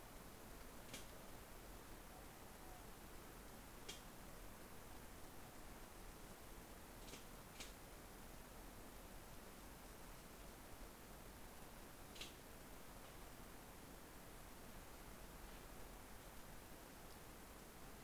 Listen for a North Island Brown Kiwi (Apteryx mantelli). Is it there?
no